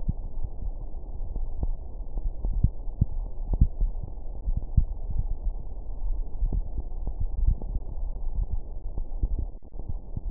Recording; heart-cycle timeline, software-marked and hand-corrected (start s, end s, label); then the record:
heart sounds
not marked
From the record:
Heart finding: coronary artery disease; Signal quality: poor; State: rest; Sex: male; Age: 55 years